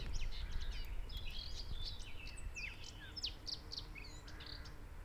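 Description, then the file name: Eurasian blackcap song, a busy stream of quick high chirps and short slurred notes, with steady low background noise. "Sylvia atricapilla"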